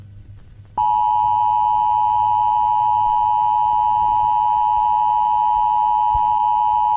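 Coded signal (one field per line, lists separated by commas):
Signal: Emergency Alert System (SAME) tones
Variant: 853 and 960 Hz attention tone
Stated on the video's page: Fictional Philippine EAS scenario about a glitch flood; simulated, not a real alert.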